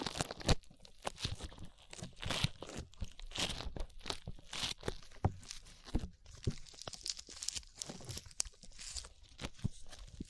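Sticky slime being squished and pulled apart, with a constant run of wet crackles, pops and tearing snaps. Sharp clicks land several times a second, irregular and bright, with louder bursts near the half-second mark and around five seconds.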